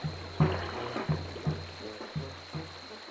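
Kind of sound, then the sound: nature, flowing river water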